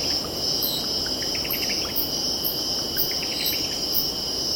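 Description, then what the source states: Cicadas buzzing in a steady shrill band with pulsing, a bird adding brief clustered chirps, and a soft constant roar of surf behind. Cicadas stridulating, with birds calling and distant ocean in background.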